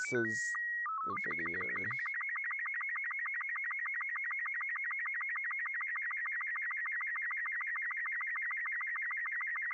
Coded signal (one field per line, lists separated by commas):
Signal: SSTV (slow-scan television)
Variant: Robot 36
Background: speech